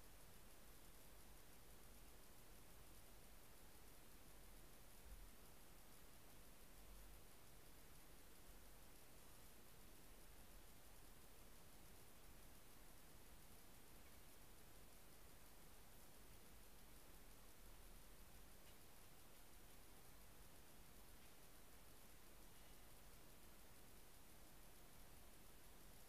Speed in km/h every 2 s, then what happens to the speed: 0, 0, 0, 0, 0, 0, 0, 0, 0, 0, 0, 0, 0.
0-26 standing.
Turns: none.